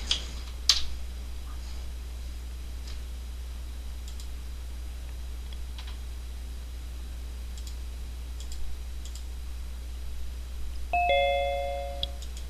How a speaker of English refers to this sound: There's a ding dong. All right. Ding dong.